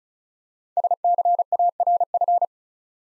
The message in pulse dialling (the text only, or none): none